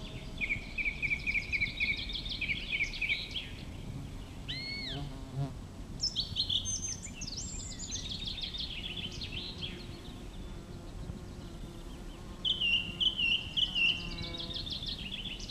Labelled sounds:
Song Thrush song

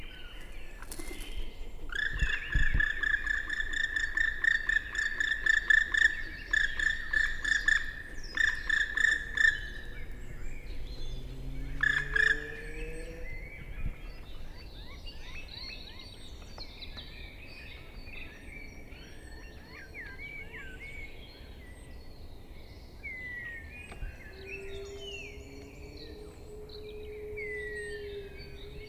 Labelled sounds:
Black Woodpecker flight call

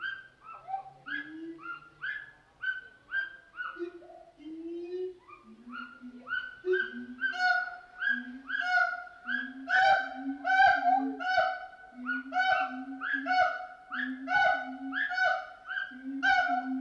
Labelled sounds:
Siamang

